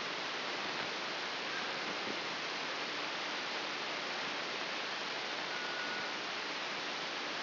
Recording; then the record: brain microelectrode recording played as sound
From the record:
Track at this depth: inside the subthalamic nucleus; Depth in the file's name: 2.1 mm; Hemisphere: left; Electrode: 3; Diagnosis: Parkinson's disease